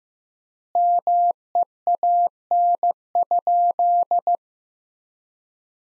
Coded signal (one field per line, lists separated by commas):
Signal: Morse code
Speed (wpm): 15 wpm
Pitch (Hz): 700 Hz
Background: none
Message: MEAN?